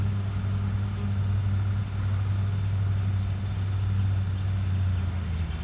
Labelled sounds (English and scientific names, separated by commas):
none